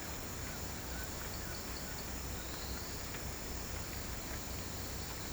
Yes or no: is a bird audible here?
no